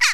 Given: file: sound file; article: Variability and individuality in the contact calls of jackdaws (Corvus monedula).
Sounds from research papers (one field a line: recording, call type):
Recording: jackdaw call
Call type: harmonic